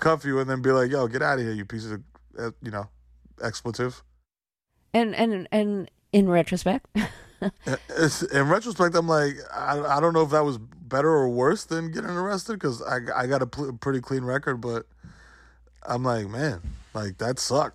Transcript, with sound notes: And then uncuff you and then be like, yo, get out of here, you piece of, you know, expletive.
And in retrospect (laughter)?
In retrospect, I'm like, I don't know if that was better or worse than getting arrested 'cause I got a pretty clean record. But I'm like, man, like, that sucked.